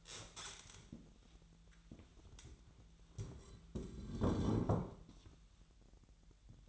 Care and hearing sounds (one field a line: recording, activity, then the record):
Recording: daily activity, microphone in the room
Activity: stand up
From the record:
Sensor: 3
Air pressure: 1001.5 hPa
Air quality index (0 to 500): 248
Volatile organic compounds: 142 ppm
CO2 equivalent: 3984 ppm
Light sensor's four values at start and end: 12/27/11/11 and 9/21/9/9